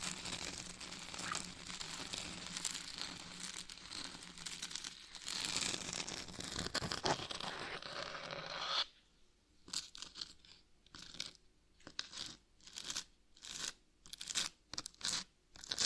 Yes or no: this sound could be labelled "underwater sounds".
no